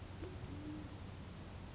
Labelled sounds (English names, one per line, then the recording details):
Band-tailed Pigeon
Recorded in Sonoma County, California